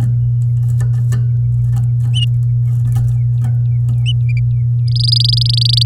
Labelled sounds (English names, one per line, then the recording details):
Domestic Canary song
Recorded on 11 May 2018 at 08:37
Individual llb16